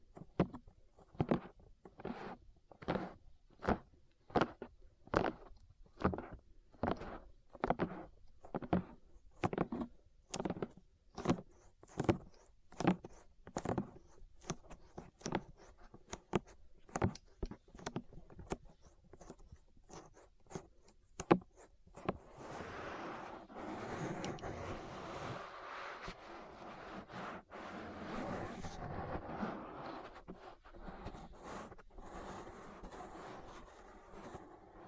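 An ear massage made of steady, evenly spaced rubbing strokes, each a short sharp swipe repeating about twice a second for roughly the first twenty seconds. Around the twenty-two second mark the strokes give way to a continuous, dense scratchy rustling that carries on to the end.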